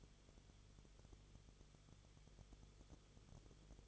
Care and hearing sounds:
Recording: daily activity, microphone in the room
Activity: no activity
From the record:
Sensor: 4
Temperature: 22.9 degrees Celsius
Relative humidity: 34.5%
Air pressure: 1011.5 hPa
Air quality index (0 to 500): 193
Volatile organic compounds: 13 ppm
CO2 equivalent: 2390 ppm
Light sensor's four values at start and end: 2/3/1/1 and 2/3/1/1

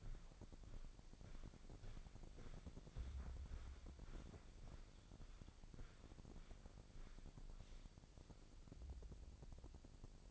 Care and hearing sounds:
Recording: daily activity, microphone in the room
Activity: walk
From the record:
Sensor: 5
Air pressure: 1009.4 hPa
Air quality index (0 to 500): 143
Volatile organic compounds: 2 ppm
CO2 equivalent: 1109 ppm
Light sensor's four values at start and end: 311/734/318/354 and 311/732/317/354

